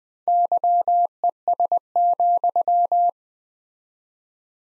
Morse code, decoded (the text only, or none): YES,